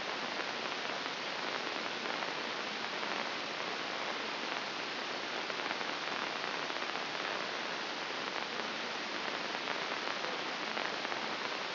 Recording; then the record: brain microelectrode recording played as sound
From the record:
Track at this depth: inside the subthalamic nucleus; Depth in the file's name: 1.636 mm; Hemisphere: left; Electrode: 2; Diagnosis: Parkinson's disease